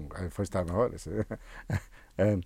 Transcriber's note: he laughs